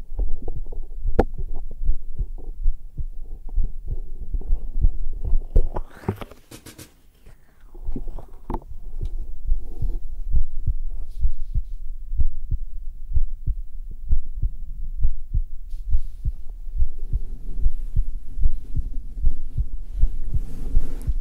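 Deep, muffled adult heartbeat thumps recur steadily at about 67 beats a minute, with no added sounds, picked up on bare skin of the chest with a black 3Dio microphone. A rustle of the microphone being moved briefly masks the beats around the sixth second. This is an ordinary heartbeat heard through the chest wall.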